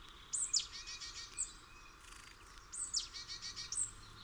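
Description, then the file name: Great tit giving two high sharp notes trailing into a buzzy churring chatter, twice in quick succession, against faint background noise. "Parus major"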